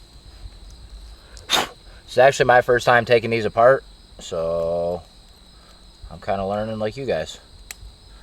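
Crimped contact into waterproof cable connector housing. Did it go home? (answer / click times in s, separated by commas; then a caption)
yes / 7.7 s. A crimped contact is pushed into the plastic housing of a waterproof solar cable connector fitted with rubber gaskets, while someone talks over a steady background hum. A sharp click at 7.7 s marks the contact seating in the housing.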